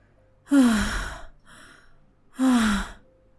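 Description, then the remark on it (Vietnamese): Two heavy, ragged breaths from an old man, each a loud rasping gasp with a strained, falling pitch, separated by a quieter, wheezy inhale. “thở hổn hển rồi nói tiếp với ông cả Sành:”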